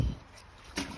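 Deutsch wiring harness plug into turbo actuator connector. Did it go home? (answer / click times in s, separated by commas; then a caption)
no / none. A corroded Deutsch wiring harness plug is pushed onto a turbo actuator connector. There is a low rumble at the start and a brief sharp sound at about 0.8 s. The plug does not latch, and nothing has seated or clicked yet.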